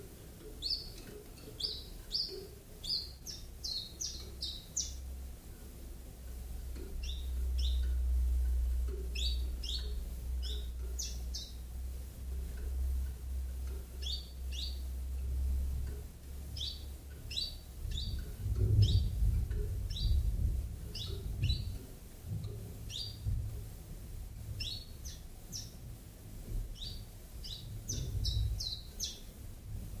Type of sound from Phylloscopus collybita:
song